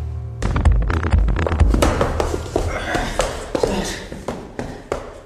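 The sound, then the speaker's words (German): Footsteps in a hallway, a run of sharp, irregular taps and thuds that keep up steadily for several seconds over a faint background hum, with no voices. “Ein Mann in den besten Jahren, ein alter Mann, unterschiedliche Schritte, oder ist er noch da? Ist er noch im Flur?”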